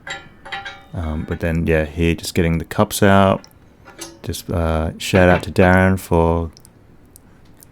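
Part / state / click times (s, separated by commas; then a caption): headset cup removal tool into bicycle head tube / seated / 7.2 s, 7.6 s. A headset cup removal tool is pushed into a bicycle head tube until its prongs click behind the cup, ready for the cup to be tapped out. Someone talks for most of the clip, then two sharp clicks are heard at 7.2 s and 7.6 s as the tool seats into place.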